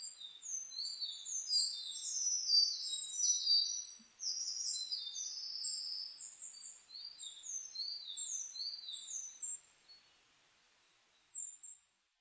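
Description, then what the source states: Bird song of very high, thin, rapid warbling and twittering phrases running almost continuously, then a pause and a short final phrase. Recorded 29 May 2004.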